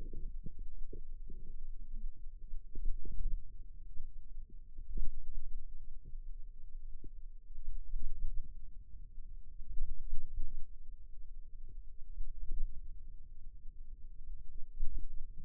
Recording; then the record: forearm muscle sounds (acoustic myography)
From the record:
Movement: hand opening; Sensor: system 2, bracelet of six BSWA MPA416 microphones around the upper forearm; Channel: 2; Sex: female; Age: 22 years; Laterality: right